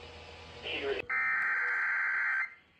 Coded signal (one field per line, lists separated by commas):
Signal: Emergency Alert System (SAME) tones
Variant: header bursts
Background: speech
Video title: EAS Alerts From 2/16/25: A Compilation (EAS 478-488)